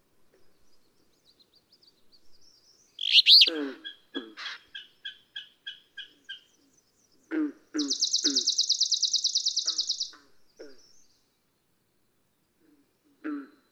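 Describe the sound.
Alder flycatcher giving one burry, rough two-part song phrase, preceded and followed by soft low chips, with a long high buzzy trill from another singer.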